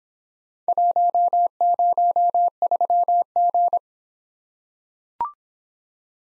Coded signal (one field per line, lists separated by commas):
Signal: Morse code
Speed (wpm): 25 wpm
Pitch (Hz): 700 Hz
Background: none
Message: 103G